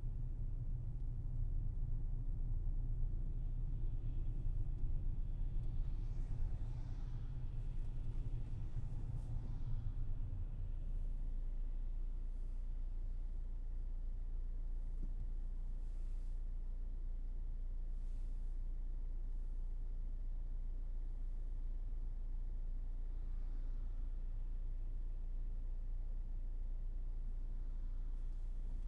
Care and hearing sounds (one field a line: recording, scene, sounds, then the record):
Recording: everyday scene through a hearing-aid microphone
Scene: in a vehicle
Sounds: engine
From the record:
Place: Berlingo II, diesel engine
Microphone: behind the ear, left, front